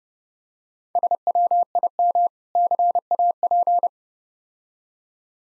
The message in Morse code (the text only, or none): SWIM CAP